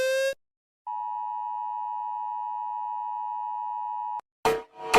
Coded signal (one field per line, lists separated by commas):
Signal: Emergency Alert System (SAME) tones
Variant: 853 and 960 Hz attention tone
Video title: Rating EAS Alarms (Because people are doing it)